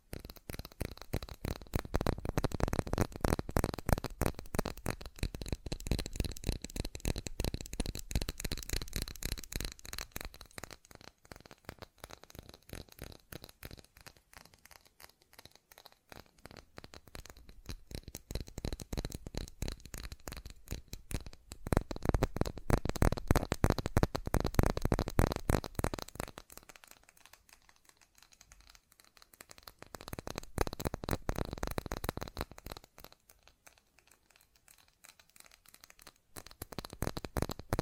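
Fast tapping runs through the whole recording as a dense, rapid stream of crisp clicks. It swells and fades in waves, loudest around 2–9, 18–26 and 30–33 seconds, with thinner, sparser stretches between, and a faint steady hiss underneath.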